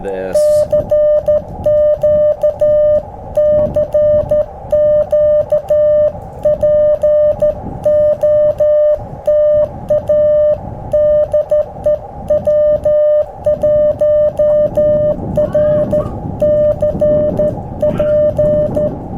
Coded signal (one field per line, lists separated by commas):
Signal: Morse code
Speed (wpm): 14 wpm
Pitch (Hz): 600 Hz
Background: music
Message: CQ CQ POTA DE W1RCP